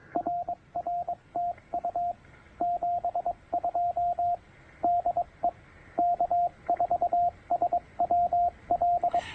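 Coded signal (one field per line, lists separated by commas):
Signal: Morse code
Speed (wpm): 25 wpm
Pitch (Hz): 700 Hz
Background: radio noise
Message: RRTU 72 DE K4SWL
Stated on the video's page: CW from a POTA activation using the Penntek TR-45L with its Z-Match tuner and internal battery.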